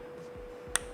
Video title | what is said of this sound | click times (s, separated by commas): WE REBUILT THE ENGINE FOR THE CHEAPEST AUDI A6 IN THE COUNTRY! | and it snaps in place. | 0.8 s